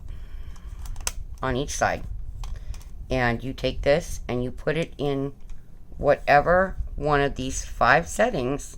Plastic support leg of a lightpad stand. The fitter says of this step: in place down here right in here but those pop out